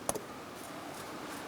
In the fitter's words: and then we're going to push in on our red lock